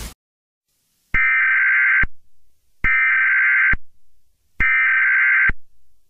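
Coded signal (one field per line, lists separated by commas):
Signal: Emergency Alert System (SAME) tones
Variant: header bursts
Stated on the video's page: Mini EAS scenario, a simulated alert.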